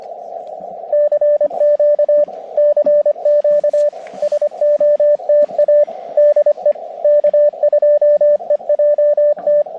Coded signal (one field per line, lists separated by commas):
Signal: Morse code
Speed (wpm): 25 wpm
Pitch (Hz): 590 Hz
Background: radio noise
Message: CQ CQ SOTA DE K2EJT